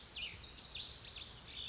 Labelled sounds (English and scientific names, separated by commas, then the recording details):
Lazuli Bunting (Passerina amoena)
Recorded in Sonoma County, California